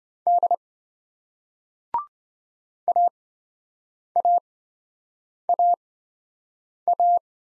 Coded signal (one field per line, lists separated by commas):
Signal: Morse code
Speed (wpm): 28 wpm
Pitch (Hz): 700 Hz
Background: none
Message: D AAAA